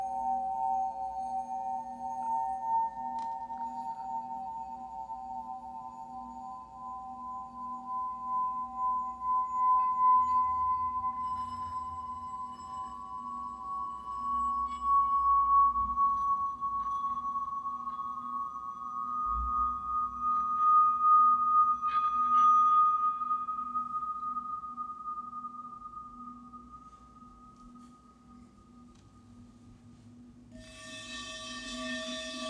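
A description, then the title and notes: Healing bowls ring in a long sustained tone that slowly rises in pitch, with a steady low hum beneath and a brighter struck accent near the end. HEALING BOWLS FOR LAKE COUNTY.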